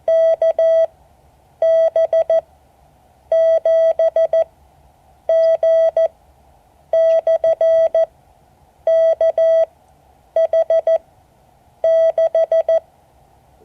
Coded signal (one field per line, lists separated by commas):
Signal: Morse code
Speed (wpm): 14 wpm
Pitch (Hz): 650 Hz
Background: none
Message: KB7G/KH6